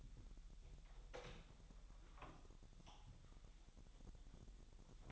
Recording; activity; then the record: daily activity, microphone in the room; open door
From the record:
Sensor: 3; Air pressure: 1001.2 hPa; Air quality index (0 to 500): 249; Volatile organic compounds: 177 ppm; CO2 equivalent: 4134 ppm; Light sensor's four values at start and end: 12/28/12/12 and 12/29/12/12